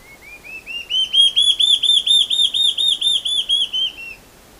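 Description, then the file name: Large-tailed antshrike singing a long run of quick whistled notes that climb in pitch and volume, hold steady for a couple of seconds, then drop slightly and fade out. "canto da borralhara assobiadora"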